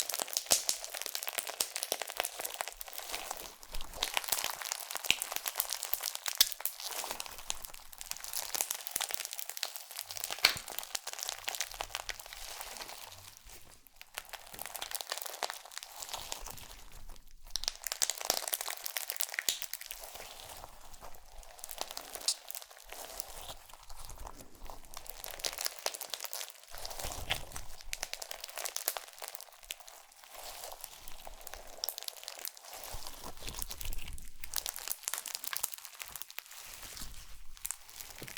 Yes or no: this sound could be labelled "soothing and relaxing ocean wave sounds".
no